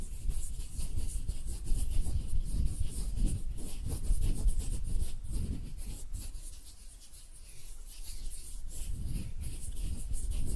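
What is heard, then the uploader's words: Hands rub together in a steady, dense rustling, with a soft low rumble under a bright hiss. The friction comes in quick repeated strokes, easing briefly around seven to eight seconds before picking up again near the end. ASMR Relaxing Hand Sounds (No Talking).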